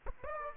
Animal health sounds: mosquito wingbeat signal from an infrared sensor; Aedes aegypti

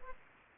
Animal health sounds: mosquito wingbeat signal from an infrared sensor; Aedes aegypti

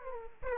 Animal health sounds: mosquito wingbeat signal from an infrared sensor; Aedes aegypti

